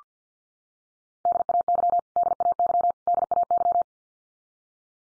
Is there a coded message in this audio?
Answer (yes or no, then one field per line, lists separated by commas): yes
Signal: Morse code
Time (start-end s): 1.3-3.8 s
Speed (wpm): 48 wpm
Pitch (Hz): 700 Hz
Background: none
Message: DAY DAY DAY